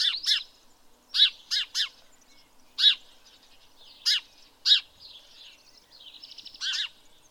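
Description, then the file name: House sparrow chirps, harsh chirrups repeated singly and in quick pairs and triplets, with a faint buzzy chatter near the end. "Passer domesticus"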